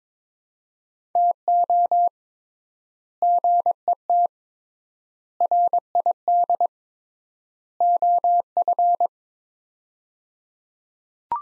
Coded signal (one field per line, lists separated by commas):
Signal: Morse code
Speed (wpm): 22 wpm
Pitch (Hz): 700 Hz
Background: none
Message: TO GET RID OF